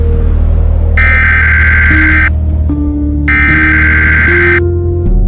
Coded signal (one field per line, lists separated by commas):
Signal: Emergency Alert System (SAME) tones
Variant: header bursts